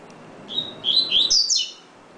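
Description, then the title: Double-collared seedeater singing one quick phrase: a thin whistled lead note followed by rapid slurred, rising and falling notes, ending in a brighter burst. "Canto Coleiro"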